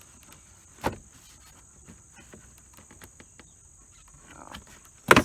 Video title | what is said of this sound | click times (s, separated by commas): 2007-2013 Ford Expedition Window Regulator Replacement | there we go and you just hit that so it latches right | 5.1 s